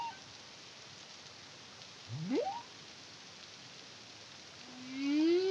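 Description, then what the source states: Humpback whale vocalizing: one swift rising whoop, then a long gently rising harmonic moan building in loudness, against underwater hiss. Song recorded in the Caribbean under the CARIMAM project in 2023.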